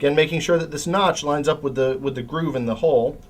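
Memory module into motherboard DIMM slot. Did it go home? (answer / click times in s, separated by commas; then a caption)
no / none. A DDR3 memory module is being handled for insertion into a motherboard DIMM slot, its notch lined up with the groove in the slot, while someone talks throughout. The clip ends before the module is pushed down, so it has not seated or clicked into place yet.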